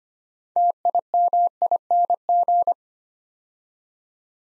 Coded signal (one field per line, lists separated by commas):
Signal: Morse code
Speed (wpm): 25 wpm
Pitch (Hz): 700 Hz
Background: none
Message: TIMING